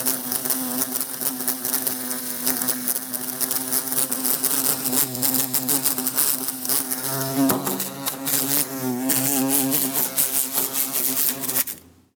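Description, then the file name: Bumblebee buzz rising and falling in pitch with frequent rapid knocks against a surface, fading away at the very end. Bumblebee trying to escape through a closed window. "Bumblebee trying to escape thru closed window"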